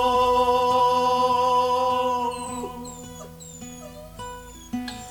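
A children's song plays without vocals: sustained, bright chords over a steady, regular beat, with short high sliding notes added partway through and the music softening slightly after the first half.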